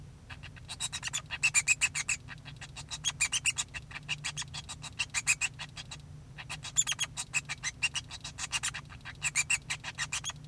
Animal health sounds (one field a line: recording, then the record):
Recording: song of a male Bengalese finch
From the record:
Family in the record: son of father 2